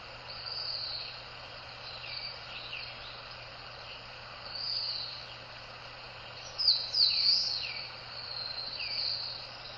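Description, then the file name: Eastern crowned warbler song: a brief high, slurred phrase past midway, over a steady wash of insect buzzing. Recorded on 2 May 2014. "センダイムシクイ 遠藤"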